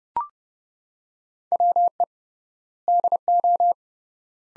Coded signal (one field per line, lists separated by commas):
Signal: Morse code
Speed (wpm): 30 wpm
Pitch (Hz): 700 Hz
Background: none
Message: WE DO